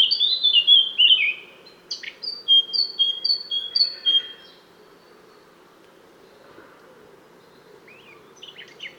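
Eurasian blackcap song: loud, clear fluty whistled phrases pour out for about four seconds, then quiet with a few faint notes near the end.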